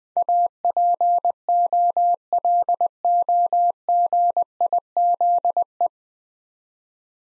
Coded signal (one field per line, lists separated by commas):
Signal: Morse code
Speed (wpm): 20 wpm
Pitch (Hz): 700 Hz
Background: none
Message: APOLOGIZE